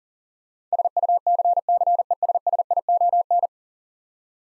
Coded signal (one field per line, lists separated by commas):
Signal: Morse code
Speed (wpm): 40 wpm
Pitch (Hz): 700 Hz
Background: none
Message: SUCCESSION